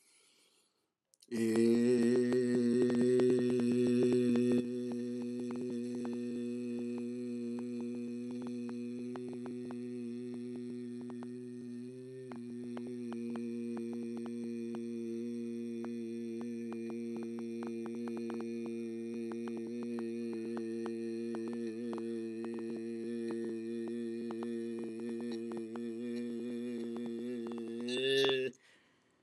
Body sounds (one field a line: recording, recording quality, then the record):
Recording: sustained vowel as in made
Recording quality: excellent, no background noise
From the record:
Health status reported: healthy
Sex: male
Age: 39 years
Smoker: yes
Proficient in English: yes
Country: India